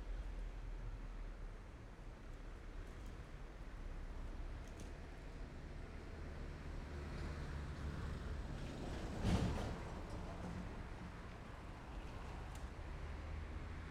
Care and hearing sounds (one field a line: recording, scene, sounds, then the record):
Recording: everyday scene through a hearing-aid microphone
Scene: in traffic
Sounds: traffic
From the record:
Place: main road on the outskirts, rush hour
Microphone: behind the ear, left, front